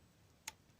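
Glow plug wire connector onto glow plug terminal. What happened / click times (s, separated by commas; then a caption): The small connector clipped onto its terminal / 0.5 s. A small glow plug wire connector is pushed onto a glow plug terminal in the cylinder head of a Saab 9.3 TiD / Opel 2.2 DTI engine. A single sharp click rings out at 0.5 s against a quiet background. The connector clips on and is seated.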